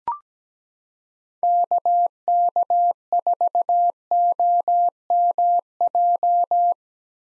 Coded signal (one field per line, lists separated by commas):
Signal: Morse code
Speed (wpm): 17 wpm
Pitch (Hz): 700 Hz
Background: none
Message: KK4OMJ